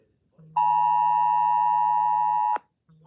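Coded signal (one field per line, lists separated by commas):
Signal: Emergency Alert System (SAME) tones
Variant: 853 and 960 Hz attention tone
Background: speech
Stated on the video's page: National Periodic Test caught via Wireless Emergency Alerts and on FM radio.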